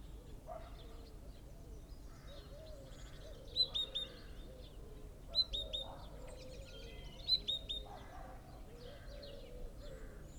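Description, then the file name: Great tit calls: short bursts of three high, sharp notes every couple of seconds, with low, curving, warbling sounds from other animals beneath. "Parus major"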